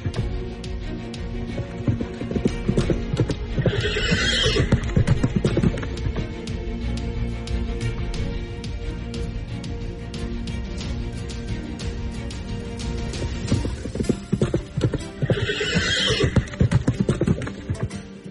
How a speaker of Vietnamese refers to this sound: Nhưng đúng vào lúc đó, phía nam vang lên tiếng vó ngựa của Hán Huyết.